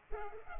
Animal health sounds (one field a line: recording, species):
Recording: mosquito wingbeat signal from an infrared sensor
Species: Culex pipiens